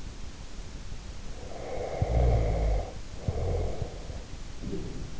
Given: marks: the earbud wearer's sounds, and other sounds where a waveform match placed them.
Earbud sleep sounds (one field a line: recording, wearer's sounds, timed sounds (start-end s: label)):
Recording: sounds in sleep by an in-ear microphone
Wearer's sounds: snoring breath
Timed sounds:
1.29-4.20 s: snoring breath